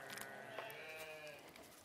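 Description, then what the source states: Katahdin sheep giving one steady, drawn-out bleat that fills the whole moment. Katahdin ewes answering the farmer's calls and running up the hill to eat corn, Rocky Top Ranch, Holton, Kansas.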